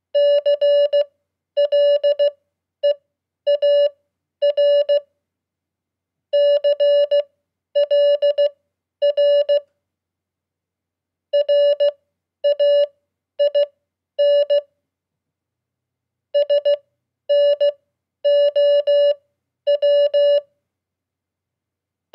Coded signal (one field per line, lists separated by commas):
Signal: Morse code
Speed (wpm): 16 wpm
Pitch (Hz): 580 Hz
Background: none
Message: CLEAR CLR RAIN SNOW